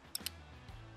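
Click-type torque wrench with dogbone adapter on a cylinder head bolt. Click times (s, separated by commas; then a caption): 0.1 s, 0.3 s. A click-type torque wrench fitted with a 9/16 steel dogbone adapter is pulled at a 90-degree angle on a motorcycle cylinder head bolt. It clicks sharply at 0.1 s and again at 0.3 s, confirming the bolt has reached the set torque. A low steady hum continues underneath, and a soft bump follows near 0.7 s.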